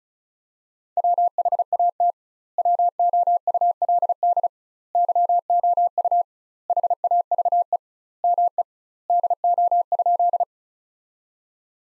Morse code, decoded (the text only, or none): WHAT WOULD YOU HAVE ME DO?